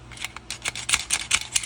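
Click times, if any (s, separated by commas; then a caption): none. A pistol slide is racked with the magazine inserted, giving a quick series of sharp metallic clicks and rattles. The slide lock fails to catch on the magazine follower and the slide won't lock back, so nothing has locked or clicked into place.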